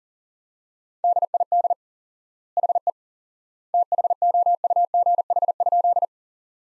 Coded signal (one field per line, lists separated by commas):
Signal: Morse code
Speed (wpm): 40 wpm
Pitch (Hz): 700 Hz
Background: none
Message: DID HE THOUGH?